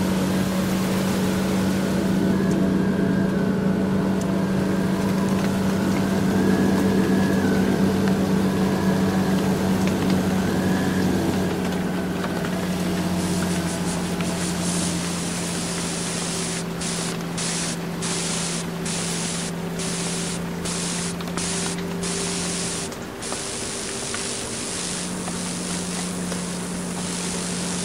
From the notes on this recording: The sound of a truck at fifty miles per hour